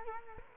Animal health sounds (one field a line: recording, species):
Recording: mosquito wingbeat signal from an infrared sensor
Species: Culex quinquefasciatus